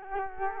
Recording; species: mosquito wingbeat signal from an infrared sensor; Culex quinquefasciatus